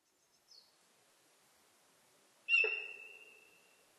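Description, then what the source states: Sika deer whistle: a faint short chirp early, then a sudden loud high whistle that holds steady and fades over about a second. Recorded in Japan on 4 November 2006.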